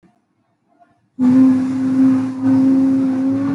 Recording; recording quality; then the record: sustained vowel as in boot; excellent, no background noise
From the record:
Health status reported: healthy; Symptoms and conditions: none ticked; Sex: female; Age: 23 years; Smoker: not ticked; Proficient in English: yes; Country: India